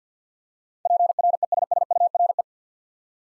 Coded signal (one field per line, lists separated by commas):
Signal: Morse code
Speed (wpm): 50 wpm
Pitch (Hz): 700 Hz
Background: none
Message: PRESSURE